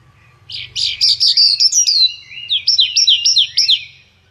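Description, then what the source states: Horsfield's bush lark giving a short phrase: a chattering jumble followed by about six repeated looping whistled notes, over a faint low hum. Vietnam-type song style.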